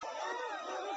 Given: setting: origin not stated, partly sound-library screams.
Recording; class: one-second piece from a danger detection set; woman in danger